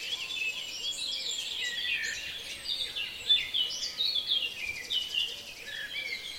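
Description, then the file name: Birds: dawn chorus of many birds, overlapping chirps, trills and whistles crowding the high range, with a faint steady low tone running beneath. "Reveil des oiseaux La Sonotheque"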